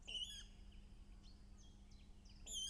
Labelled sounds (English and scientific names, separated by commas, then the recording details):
Common Chaffinch (Fringilla coelebs)
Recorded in Germany
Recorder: ecoPi